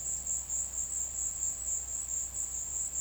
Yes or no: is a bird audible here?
no